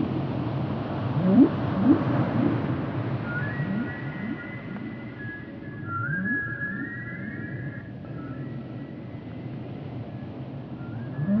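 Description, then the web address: Whale sounds: a run of quick low upward chirps, then a long thin whistle that slides slowly upward, over steady rumbling noise. Recorded underwater. "zvuci ot kitove glasove na kitove pod vodata"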